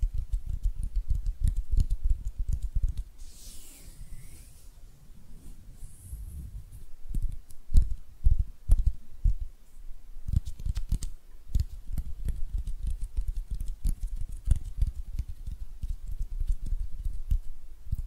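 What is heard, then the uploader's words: Hand sounds: a dense run of soft taps, pats and rubs, mostly low and thudding, coming in quick irregular bursts throughout. Around three to five seconds a brighter swishing sweep rises and falls, and another brief brush appears near six seconds. ASMR Relaxing Hand Sounds (No Talking).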